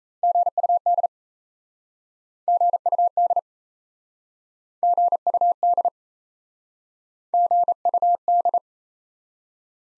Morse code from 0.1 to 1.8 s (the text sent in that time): GUD